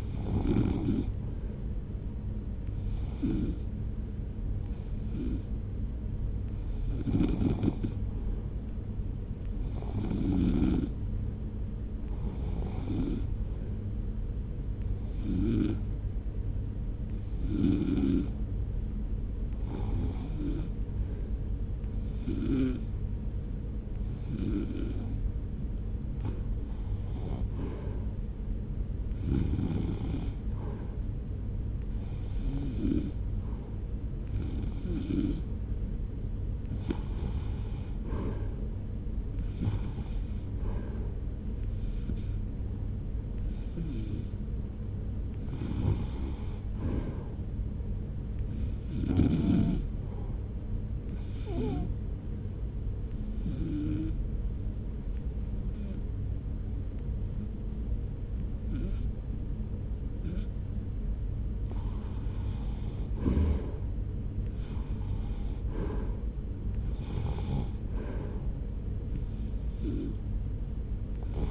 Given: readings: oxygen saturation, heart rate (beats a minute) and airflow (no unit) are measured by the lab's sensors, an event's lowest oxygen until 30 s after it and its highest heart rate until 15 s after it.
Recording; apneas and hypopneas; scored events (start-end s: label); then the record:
breathing in sleep by a smartphone at the bedside; 2
7.00-24.60 s: hypopnea (REM, oxygen 91% highest, then 87% lowest)
51.00-65.60 s: hypopnea (REM, oxygen 92% highest, then 88% lowest)
From the record:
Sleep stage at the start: REM sleep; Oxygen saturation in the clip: 86 to 92%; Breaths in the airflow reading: 27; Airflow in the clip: -1.0 to 1.6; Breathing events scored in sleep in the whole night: 335 in 6.7 hours asleep